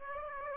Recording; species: mosquito wingbeat signal from an infrared sensor; Aedes aegypti